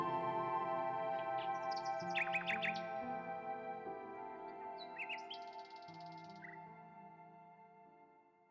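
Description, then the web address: Common nightingale song of short whistles and sharp note bursts with a high buzzy trill. Low droning tones run beneath, and everything fades out toward the end. "Circlesandlines recordings. h wialenove - nightingale song"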